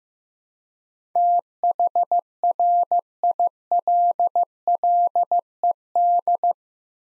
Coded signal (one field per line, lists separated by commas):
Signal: Morse code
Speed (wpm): 15 wpm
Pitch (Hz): 700 Hz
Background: none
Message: THRILLED